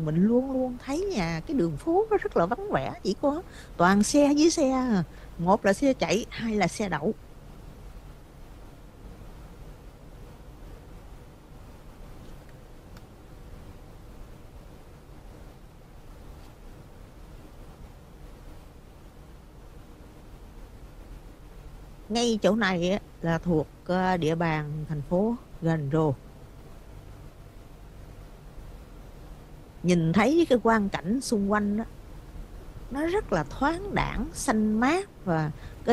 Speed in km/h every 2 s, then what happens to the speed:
60, 58, 55, 52, 53, 56, 58, 60, 58, 56, 53, 50, 50, 52, 53, 53, 53, 55.
0-5 slows to 52. 5-17 steady at about 56. 17-22 slows to 50. 22-36 steady at about 53.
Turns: none.